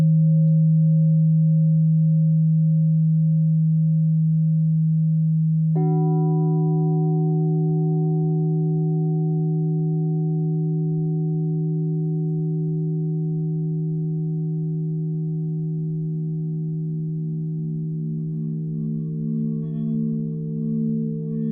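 A crystal singing bowl hums a steady, low, pure tone that sustains through the whole clip. Around six seconds a second bowl is struck, adding brighter overtones above the drone. Toward the end the sound begins to waver and pulse gently.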